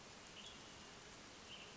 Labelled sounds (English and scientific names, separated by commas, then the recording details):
Western Tanager (Piranga ludoviciana)
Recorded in Sonoma County, California